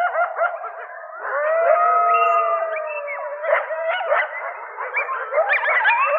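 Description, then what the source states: Coyote group chorus: a tangle of wavering howls and rapid yips, with one long drawn-out howl and choppy yelping bursts throughout. Coyote family group rally: the whole group getting together to promote social bonds; a chorus of howls and yips.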